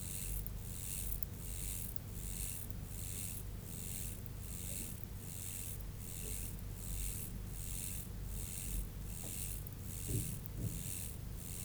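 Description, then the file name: Mottled grasshopper stridulating, a long steady run of short, rasping high buzzes repeated a little faster than once a second, with a few faint clicks and low rumble beneath. "Myrmeleotettix maculatus"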